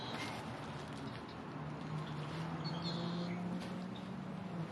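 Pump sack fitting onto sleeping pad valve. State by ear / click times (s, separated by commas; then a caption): not seated / none. A pump sack's fitting is handled at the top of a sleeping pad's inflation valve, to be pressed on until it snaps. The clip holds a steady broadband rush with a low hum near 150–200 Hz and faint higher tones around 3–4 kHz, with no distinct click. Nothing has seated or snapped on yet.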